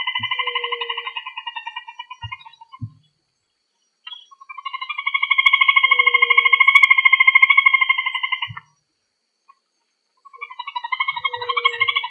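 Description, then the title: Rail giving pulsed trilled calls in three bouts separated by short pauses, each a fast, steady rattle of nasal notes. "Familia Rallidae"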